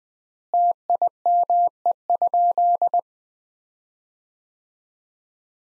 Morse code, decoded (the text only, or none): TIME?